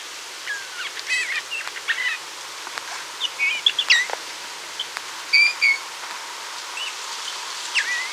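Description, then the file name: Eurasian bullfinch calls: short soft whistles and chirps, some dipping slightly, scattered throughout in loose bursts, with a few brief clicks between them. "Pyrrhula pyrrhula"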